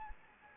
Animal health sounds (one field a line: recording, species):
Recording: mosquito wingbeat signal from an infrared sensor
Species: Anopheles gambiae